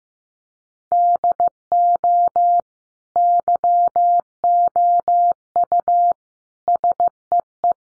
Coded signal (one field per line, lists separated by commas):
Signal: Morse code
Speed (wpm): 14 wpm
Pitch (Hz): 700 Hz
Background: none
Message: DO YOU SEE